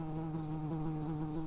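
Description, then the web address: Early bumblebee buzzing, a steady low hum with a rich stack of harmonics, holding an even pitch throughout with slight regular wavering. Worker bees. "Pratorum workers"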